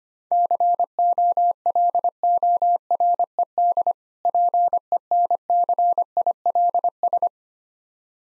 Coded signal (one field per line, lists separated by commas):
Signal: Morse code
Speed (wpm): 25 wpm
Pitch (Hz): 700 Hz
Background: none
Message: COLORED PENCILS